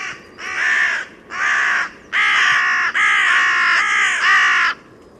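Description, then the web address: Bird giving harsh, drawn-out cawing calls, several rasping notes in close succession over steady background noise. "Bird Only"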